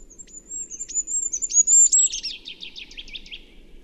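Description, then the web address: Bird song: a high thin whistled note that wavers, then breaks into a fast descending series of buzzy chirps, over a low steady hum. "cianscape. Deverinetal 2025. Bird Only"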